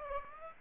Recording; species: mosquito wingbeat signal from an infrared sensor; Aedes aegypti